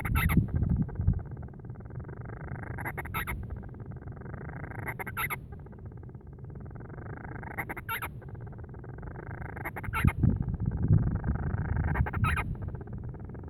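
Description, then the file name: Band-rumped storm petrel calling steadily, each phrase a purring churr sliding upward into crisp squeaks, about six phrases, over a rumbling low background. Grant's form of band-rumped storm petrel (Oceanodroma castro). "Band-rumped-Storm-Petrel-Oceanodroma-castro Grants"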